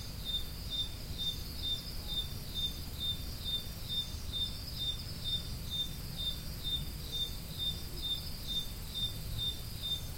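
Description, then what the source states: Cricket chirping, a steady series of short high pulses repeating about twice per second over constant low rumbling background noise. Crickets recorded at Roodekopjes.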